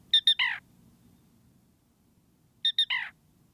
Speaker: at Arizona's Bill Williams River National Wildlife Refuge, a black rail utters its unmistakable call.